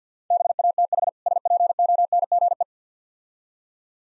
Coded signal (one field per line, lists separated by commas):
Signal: Morse code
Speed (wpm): 50 wpm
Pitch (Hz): 700 Hz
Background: none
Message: BATH SPONGE